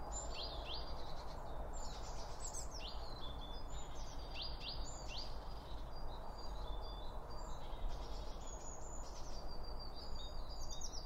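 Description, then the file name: Birds: a busy mix of bird chirps, high twitters and rising sweeps runs throughout, set against a steady low-pitched background roar. Birds around a bird feeder, recorded with two Line Audio OM 1 microphones. "Birds Around Birdfeeding With Two Om 1 From Line Audio"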